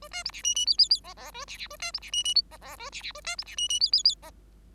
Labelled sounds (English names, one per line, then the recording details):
Bengalese Finch song
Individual Bird5